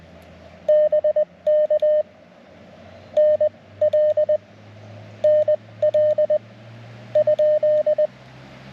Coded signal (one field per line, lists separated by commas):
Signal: Morse code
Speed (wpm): 20 wpm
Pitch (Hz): 610 Hz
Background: none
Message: BK NL NL ?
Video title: Bicycle + Morse Code + POTA = A Great Summer Evening!